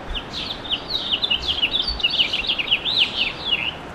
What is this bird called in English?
House Finch